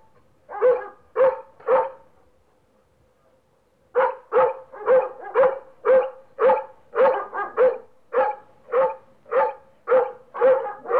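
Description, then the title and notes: Dog gives three sharp barks, falls silent for about two seconds, then barks steadily, many barks at nearly two per second. "NHK Sound Effects Collection - 3-Frogs, Crickets, Cicadas, Horses, Dogs. NHK効果音集 - 3-カエル・虫・セミ・ウマ・イヌ"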